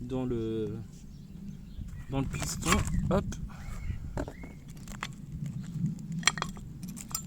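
The old inner brake pad on a BMW E36 is pulled out, its metal spring clip coming free of the hollow caliper piston it was clipped into. Someone talks, metal jingles and scrapes, and a sharp pop is heard at 6.3 s as the pad's clip releases from the piston.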